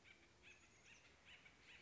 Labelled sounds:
Chestnut-backed Chickadee (Poecile rufescens)

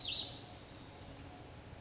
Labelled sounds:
California Towhee (Melozone crissalis)

